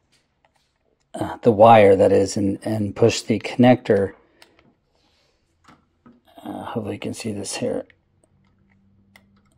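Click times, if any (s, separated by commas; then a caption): none. Someone talks while handling and showing the wiring connector of a GeekTale smart deadbolt, before lining it up and pushing it into its socket on the lock assembly. Faint handling ticks come between and after the talk. The connector has not yet seated or clicked.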